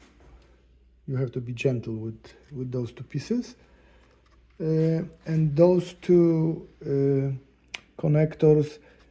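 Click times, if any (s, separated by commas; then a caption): none. Someone talks while handling wire harness connectors that are to be slid onto the replacement power supply/selector board of a GE Monogram Series Advantium 120 microwave oven. Nothing has seated or clicked yet; the connectors are handled but not yet home on the board.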